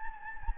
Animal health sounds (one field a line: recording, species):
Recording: mosquito wingbeat signal from an infrared sensor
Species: Anopheles gambiae